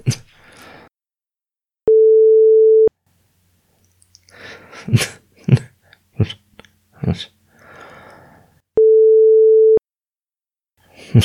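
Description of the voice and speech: An adult man with Tourette syndrome, diagnosed around 2016, produces vocal tics: little grunts, hums, lip smacks, tongue movements and other mouth noises, in bursts separated by steady sine-wave tones.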